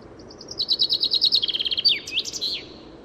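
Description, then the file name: Common chaffinch song: thin high notes quicken into a rattling descending trill, then finish with a sharp rising-and-falling flourish, against low background hiss. "Fringilla coelebs"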